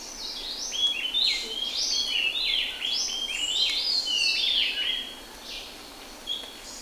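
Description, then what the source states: Bird chirps pour out in a dense, busy stream of overlapping high, sharp notes and quick slurred phrases, easing off near the end with a few scattered calls. Recorded in rainforest.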